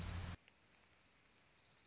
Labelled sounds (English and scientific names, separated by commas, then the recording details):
Orange-crowned Warbler (Leiothlypis celata)
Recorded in Sonoma County, California